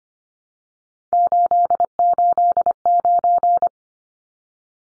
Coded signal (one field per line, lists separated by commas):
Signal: Morse code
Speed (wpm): 25 wpm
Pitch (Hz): 700 Hz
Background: none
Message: 889